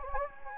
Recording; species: mosquito wingbeat signal from an infrared sensor; Anopheles gambiae